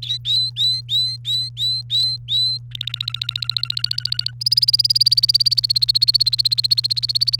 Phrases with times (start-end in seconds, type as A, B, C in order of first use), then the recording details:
0.02-2.57 A, 2.71-4.31 B, 4.41-7.39 C. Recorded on 28 April 2018 at 13:53. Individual llb3